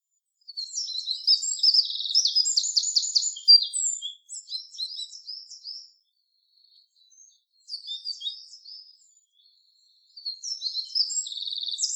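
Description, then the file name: Eurasian wren singing loud, rapid high trills and tinkling notes in bursts, with short pauses between energetic phrases. "Troglodytes troglodytes"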